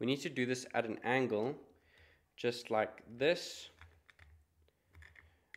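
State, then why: Not seated. A single-board computer is slid at an angle into a plastic hardware-wallet case before being pushed down, while someone talks. Faint handling taps and scrapes follow the speech, but nothing has seated or clicked yet.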